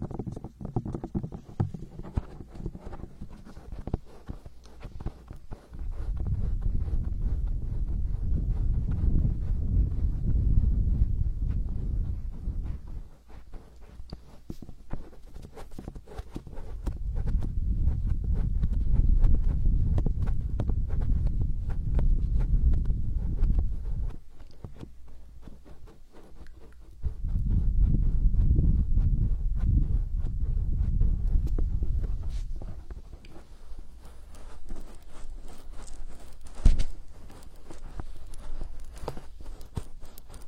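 A hand massage: low, muffled rubbing and kneading comes in three long bouts, around 6–13, 17–24 and 27–33 seconds. Between them it drops to quieter light taps and skin clicks, with one sharp click near 37 seconds.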